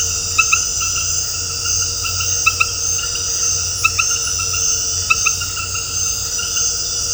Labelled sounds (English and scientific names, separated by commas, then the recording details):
none
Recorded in dense forest near Puerto Asís, Putumayo, Colombia, on 4 March 2025 at 20:30
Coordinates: 0.468, -76.322
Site GP01